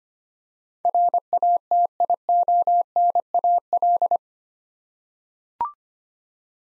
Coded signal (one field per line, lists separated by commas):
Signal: Morse code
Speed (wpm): 25 wpm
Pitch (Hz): 700 Hz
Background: none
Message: RATIONAL